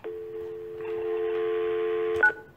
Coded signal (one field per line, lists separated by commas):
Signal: telephone call progress tone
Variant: North America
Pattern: dial tone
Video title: building with my guy (New York) On the phone LIVE...(Nov 20 2017)